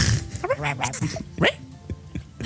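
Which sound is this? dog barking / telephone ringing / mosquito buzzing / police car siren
dog barking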